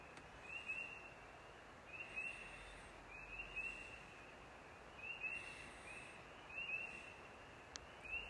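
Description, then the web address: Frog calls as brief high trills repeated about every one and a half seconds, sometimes in quick pairs, with a constant soft background hiss. Recorded 10 April 2023. "Frogs. scripting news"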